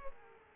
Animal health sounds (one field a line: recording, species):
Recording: mosquito wingbeat signal from an infrared sensor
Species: Culex pipiens